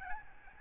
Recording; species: mosquito wingbeat signal from an infrared sensor; Aedes albopictus